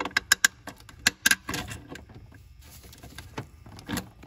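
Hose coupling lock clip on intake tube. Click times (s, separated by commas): 0.3 s, 0.4 s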